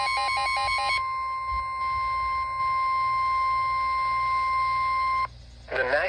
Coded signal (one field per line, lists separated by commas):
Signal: Emergency Alert System (SAME) tones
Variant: 1050 Hz attention tone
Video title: A Mid-Summer Dozen || EAS Alerts from 7/21 and 7/23/22 || EAS 331-342